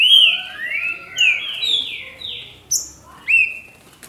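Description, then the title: Green-winged saltator gives rich whistled notes, some rising and some falling, spaced by brief gaps. "Trinca Ferro"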